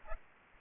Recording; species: mosquito wingbeat signal from an infrared sensor; Aedes aegypti